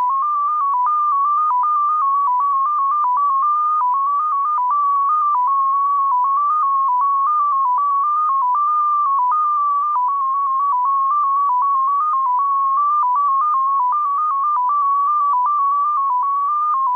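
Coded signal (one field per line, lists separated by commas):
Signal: numbers station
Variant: XPA2 polytone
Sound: steady electronic tone hopping quickly between a few close pitches, about eight steps per second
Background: faint radio hiss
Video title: XPA2, 2120z 13538 kHz, Message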